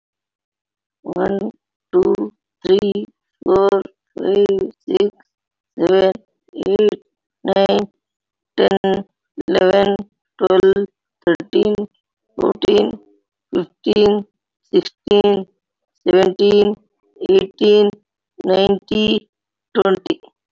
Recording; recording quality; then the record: counting at a normal pace; excellent, no background noise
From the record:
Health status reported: healthy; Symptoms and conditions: diabetes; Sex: female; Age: 46 years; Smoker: not ticked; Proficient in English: yes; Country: India